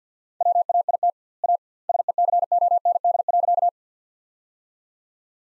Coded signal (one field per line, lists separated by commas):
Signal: Morse code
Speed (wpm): 50 wpm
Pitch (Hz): 700 Hz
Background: none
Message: WAIT A SECOND.